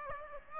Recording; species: mosquito wingbeat signal from an infrared sensor; Aedes aegypti